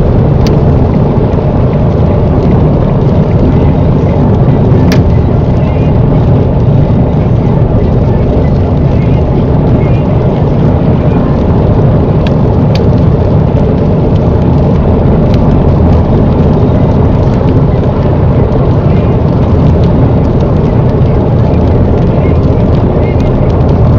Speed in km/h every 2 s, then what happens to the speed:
98, 97, 93, 90, 93, 97, 98, 103, 101, 100, 100, 103.
0-7 slows to 90. 7-13 speeds up to 103. 13-24 steady at about 101.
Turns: none.